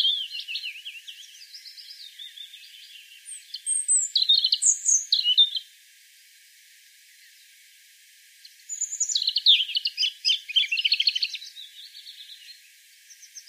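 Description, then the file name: European robin song: a high, jumbled warble rising to a loud trilling burst, silence of roughly three seconds, then another rapid, sparkling phrase. "Erithacus rubecula"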